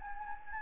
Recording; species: mosquito wingbeat signal from an infrared sensor; Anopheles gambiae